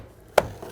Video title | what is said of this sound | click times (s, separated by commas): How to Replace Combination Switch 2008-2020 Dodge Grand Caravan | cover just so it can snap back in place of course on both sides once it's lined | 0.4 s